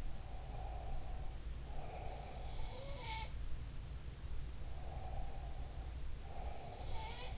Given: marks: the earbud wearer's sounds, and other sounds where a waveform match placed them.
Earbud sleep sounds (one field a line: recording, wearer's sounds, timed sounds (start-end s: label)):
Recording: sounds in sleep by an in-ear microphone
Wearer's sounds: breath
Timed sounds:
0.16-2.77 s: breath
4.60-7.38 s: breath